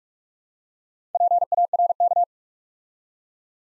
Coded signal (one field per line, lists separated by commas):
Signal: Morse code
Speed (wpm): 44 wpm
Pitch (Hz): 700 Hz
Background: none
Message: PARK